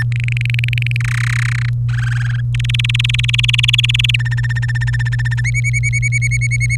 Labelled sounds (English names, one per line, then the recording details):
Domestic Canary song
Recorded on 24 April 2018 at 08:43
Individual llb3